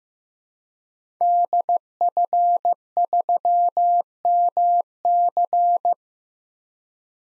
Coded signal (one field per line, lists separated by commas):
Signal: Morse code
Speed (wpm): 15 wpm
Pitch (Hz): 700 Hz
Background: none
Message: DF3MC